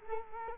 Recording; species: mosquito wingbeat signal from an infrared sensor; Culex quinquefasciatus